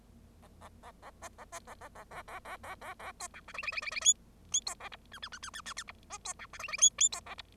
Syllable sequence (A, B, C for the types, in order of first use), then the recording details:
A A A A B A B A A A A A A A A A C D E F F F F F G G C A H I I I I I I I H B C D E F F G G C A H. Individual Bird0